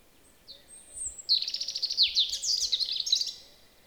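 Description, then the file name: European robin delivering a thin high whistle, then a fast, rich cascade of jingling trills and twitters lasting about two seconds. "Erithacus rubecula"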